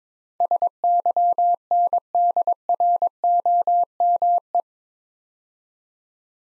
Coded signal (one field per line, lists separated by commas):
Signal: Morse code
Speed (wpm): 21 wpm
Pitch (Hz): 700 Hz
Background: none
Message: SYNDROME